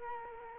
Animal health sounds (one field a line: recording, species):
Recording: mosquito wingbeat signal from an infrared sensor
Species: Culex quinquefasciatus